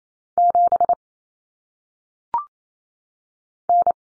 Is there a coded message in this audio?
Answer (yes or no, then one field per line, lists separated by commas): yes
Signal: Morse code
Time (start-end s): 0.4-3.9 s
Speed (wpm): 28 wpm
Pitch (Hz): 700 Hz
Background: none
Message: 7 N